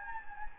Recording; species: mosquito wingbeat signal from an infrared sensor; Anopheles gambiae